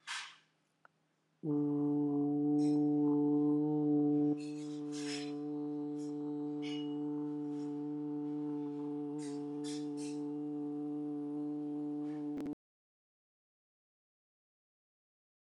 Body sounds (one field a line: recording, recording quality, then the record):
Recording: sustained vowel as in boot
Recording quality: excellent, no background noise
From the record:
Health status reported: healthy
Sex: male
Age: 26 years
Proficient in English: yes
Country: India